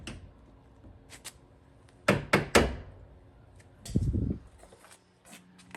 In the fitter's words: so i just snapped these into place